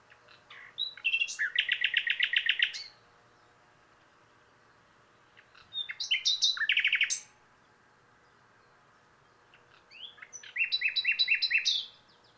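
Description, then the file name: Common nightingale song in three bursts, each a rapid run of loud repeated notes with trills and chirps, separated by pauses of about two to three seconds. "Luscinia megarhynchos"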